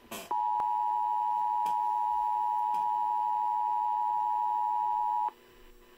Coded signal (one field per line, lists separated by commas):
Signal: Emergency Alert System (SAME) tones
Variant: 853 and 960 Hz attention tone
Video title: EAS 934 WXM60 RWT